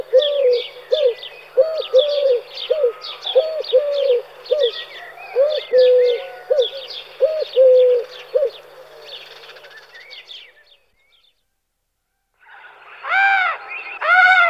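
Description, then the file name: Eurasian collared dove cooing repeatedly for about ten seconds amid busy songbird chatter, then a pause and a few harsh nasal calls. "Hrdlicka zahradni Streptopelia decaocto"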